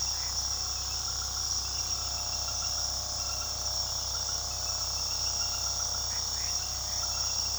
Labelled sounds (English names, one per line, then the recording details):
none
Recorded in pastures near Puerto Asís, Putumayo, Colombia, on 20 February 2024 at 22:30
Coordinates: 0.486, -76.323
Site G6462